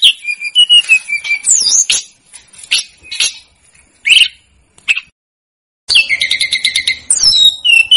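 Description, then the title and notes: Snowy-browed flycatcher song: high slurred whistles and scattered chirps, a silent gap, then a fast rattling series of repeated high notes. Masteran recording made for training cage birds; local names Tledekan Gunung and Sikatan Gunung. "Masteran Tledekan Gunung Sikatan Gunung 1. BURUNG TLEDEKAN"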